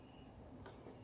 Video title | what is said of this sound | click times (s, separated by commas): 1984 Mercedes 300CD - Part 11 Wood Trim And Dash Install | See, this is the original Mercedes backing that just snaps right in here. | 0.7 s